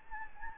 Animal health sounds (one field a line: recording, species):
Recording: mosquito wingbeat signal from an infrared sensor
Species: Anopheles gambiae